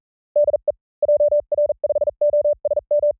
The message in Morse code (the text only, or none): DE JR5OSM